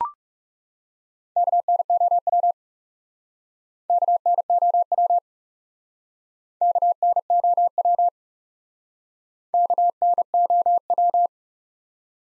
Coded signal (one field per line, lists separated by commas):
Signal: Morse code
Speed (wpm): 40 wpm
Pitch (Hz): 700 Hz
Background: none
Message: KNOW KNOW KNOW KNOW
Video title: Top 180 QSO Elements - Speed-Racing - 30wpm